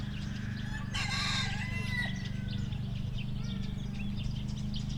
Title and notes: Poranna 1, 41-103 Siemianowice Śląskie, Polska - Kury, kosiarka i koparka. Sobota, 18 maja 2019. Kury, ktoś kosi trawnik, ktoś kopie koparką, ktoś spaceruje. Ptaki świergoczą. Zarejestrowano w ramach projektu Nagrania terenowe Siemianowic Śląskich - Dźwiękowy Portret Miasta